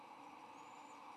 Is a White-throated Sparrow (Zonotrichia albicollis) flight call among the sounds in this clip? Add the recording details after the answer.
no. No flight call is heard. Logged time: 11:26 on 8 November 2014